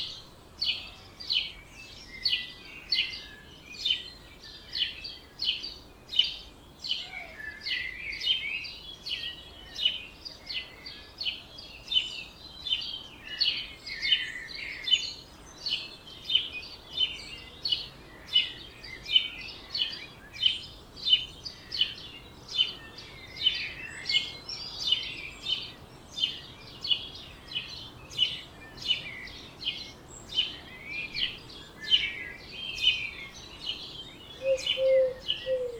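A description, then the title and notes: Birds sing in a dense, continuous dawn chorus, with bright chirps and trills overlapping almost every second for the whole stretch. The calls sit high and crowd one another without pause, over a faint low hum, and a brief lower call surfaces near the end. Birds Oberhofen Inntal Austria - 4am - stereo version.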